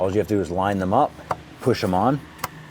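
Someone talks while hose quick-connect fittings are lined up and pushed onto the ports on the back of the intake during a throttle body assembly replacement on a 2015-2020 Cadillac Escalade. The clip ends just before the fittings go home, so nothing has seated or clicked yet.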